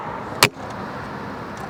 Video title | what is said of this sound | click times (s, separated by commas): Honda Powered Ryobi Pressure Washer Stops Running Die When Let Go Of Trigger NO PRESSURE HOW TO FIX | put this back in like so you're gonna hear a click and we're gonna put this | 0.4 s